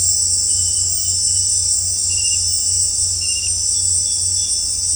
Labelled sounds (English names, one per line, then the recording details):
none
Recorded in dense forest near Puerto Asís, Putumayo, Colombia, on 18 December 2024 at 18:30
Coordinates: 0.466, -76.327
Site G075